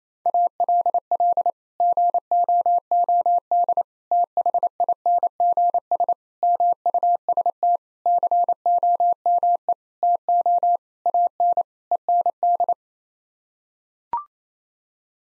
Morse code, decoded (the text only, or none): ALL GOOD THINGS MUST COME TO AN END